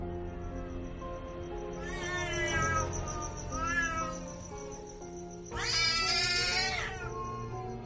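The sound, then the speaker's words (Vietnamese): A black cat, suddenly attacked with a stick, raises its fur and lets out drawn-out, wavering yowls, two rising and falling cries followed by a louder, harsher caterwaul, over a steady low hum and a faint high tone. “Con mèo bị tấn công bất ngờ, bỗng nhiên dựng lông lên, ngoao ngoao mấy tiếng, rồi sau đó nó gào lên, lao thẳng đến mâm cúng trừ tịch.”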